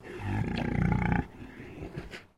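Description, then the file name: Landrace pig grunting: a deep, rough, pulsing grunt held for about a second, followed by softer snuffling and a couple of brief, fainter grunts. Landrace breed pig, recorded indoors, grunting. "ANIMAL PIG LANDRACE EDGAR INSIDE GRUNT"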